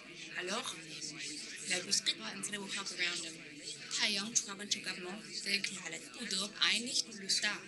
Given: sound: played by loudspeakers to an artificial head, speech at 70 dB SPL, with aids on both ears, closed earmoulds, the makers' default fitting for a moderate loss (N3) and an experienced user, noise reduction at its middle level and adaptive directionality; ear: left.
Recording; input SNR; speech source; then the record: speech test signal (ISTS) in cocktail-party noise; +3 dB; in front (0 degrees)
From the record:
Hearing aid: class 1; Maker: H